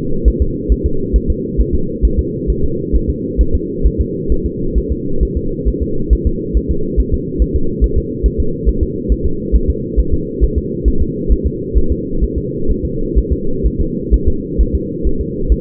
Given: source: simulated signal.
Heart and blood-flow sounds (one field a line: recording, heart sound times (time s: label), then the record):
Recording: fetal heart sounds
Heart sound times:
0.28 s: S1
0.42 s: S2
0.72 s: S1
0.86 s: S2
1.16 s: S1
1.30 s: S2
1.60 s: S1
1.75 s: S2
2.05 s: S1
2.19 s: S2
2.50 s: S1
2.64 s: S2
2.95 s: S1
3.10 s: S2
3.41 s: S1
3.55 s: S2
3.86 s: S1
4.01 s: S2
4.32 s: S1
4.46 s: S2
4.78 s: S1
4.92 s: S2
5.23 s: S1
5.37 s: S2
5.68 s: S1
5.82 s: S2
6.13 s: S1
6.27 s: S2
6.57 s: S1
6.71 s: S2
7.00 s: S1
7.14 s: S2
7.42 s: S1
7.56 s: S2
7.84 s: S1
7.98 s: S2
8.26 s: S1
8.40 s: S2
8.69 s: S1
8.83 s: S2
9.12 s: S1
9.26 s: S2
9.56 s: S1
9.70 s: S2
9.99 s: S1
10.14 s: S2
10.44 s: S1
10.58 s: S2
10.88 s: S1
11.02 s: S2
11.32 s: S1
11.46 s: S2
11.78 s: S1
11.92 s: S2
12.24 s: S1
12.38 s: S2
12.71 s: S1
12.85 s: S2
13.18 s: S1
13.33 s: S2
13.67 s: S1
13.80 s: S2
14.14 s: S1
14.28 s: S2
14.61 s: S1
14.75 s: S2
15.07 s: S1
15.21 s: S2
15.52 s: S1
From the record:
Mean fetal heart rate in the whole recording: 135 bpm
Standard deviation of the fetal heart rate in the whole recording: 3 bpm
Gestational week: 34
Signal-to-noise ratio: -8.1 dB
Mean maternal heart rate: 72 bpm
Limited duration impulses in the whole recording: absent